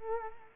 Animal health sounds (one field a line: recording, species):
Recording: mosquito wingbeat signal from an infrared sensor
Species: Culex quinquefasciatus